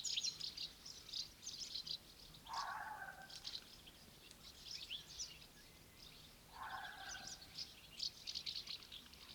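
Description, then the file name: European goldfinch song: continuous high, chattering twitter, broken twice by short lower nasal buzzy phrases, one early and one later. "Eestimaa Looduse Fond - Goldfinch"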